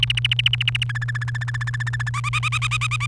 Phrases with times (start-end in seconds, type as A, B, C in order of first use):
0.03-0.83 A, 0.89-2.09 B, 2.14-3.06 C